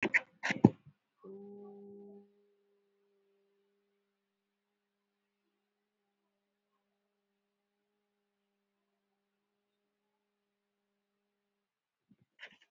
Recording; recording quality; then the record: sustained vowel as in boot; poor, much background noise or distortion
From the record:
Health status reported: COVID-19 positive, moderate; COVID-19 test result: positive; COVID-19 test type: RT-PCR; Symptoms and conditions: cold, fever, muscle pain, diarrhoea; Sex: female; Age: 42 years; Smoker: no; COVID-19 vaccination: both doses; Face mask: worn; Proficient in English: yes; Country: India